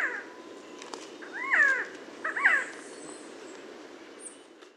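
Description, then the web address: Resplendent quetzal giving two arched calls about a second apart, each with a lower harmonic band, over faint background hiss. "Resplendent quetzal. صدای-پرنده-درازدامن-درخشان"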